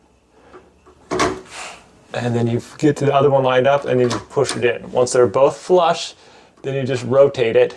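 An LED tube light is being fitted into its fixture sockets (tombstones), with its end pins held vertical and slid up into the lamp holder slots while the tube is lined up, before being pushed flush and rotated to lock. Someone talks throughout, with a brief handling sound just after one second. Nothing has seated or clicked yet.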